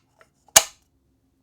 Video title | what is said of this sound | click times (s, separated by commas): Extra Wide Multi-Roll Tape Dispenser Review | and then press down and it snaps right in | 0.6 s